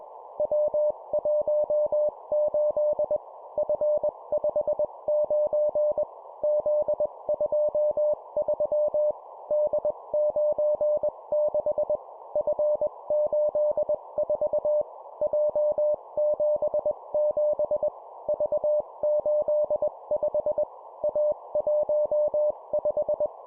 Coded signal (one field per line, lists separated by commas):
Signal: Morse code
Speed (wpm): 21 wpm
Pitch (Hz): 600 Hz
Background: none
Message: W18 F59 Z23 D96 F84 J77 V85 A15